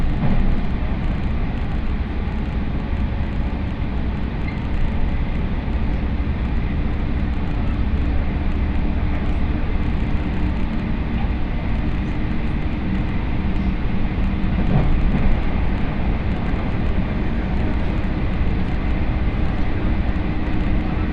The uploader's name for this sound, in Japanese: 東海道本線各駅停車 岐阜→名古屋